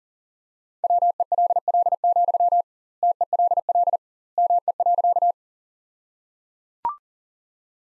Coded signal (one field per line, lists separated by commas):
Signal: Morse code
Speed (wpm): 37 wpm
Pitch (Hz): 700 Hz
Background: none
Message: WELL, TELL ME.